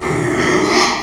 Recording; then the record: squeal of a Yucatan mini pig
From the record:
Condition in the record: after surgery on the right vocal fold (resection and tissue-engineered implant); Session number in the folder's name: 2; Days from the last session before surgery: 13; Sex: male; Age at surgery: 12 weeks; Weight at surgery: 13 kg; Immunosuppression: cyclosporine, prednisolone